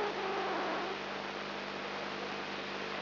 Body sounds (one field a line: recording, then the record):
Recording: brain microelectrode recording played as sound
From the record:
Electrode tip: inside the subthalamic nucleus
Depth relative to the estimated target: -2 mm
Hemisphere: left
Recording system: AlphaMap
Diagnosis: Parkinson's disease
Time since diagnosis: 10 years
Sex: male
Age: 56 years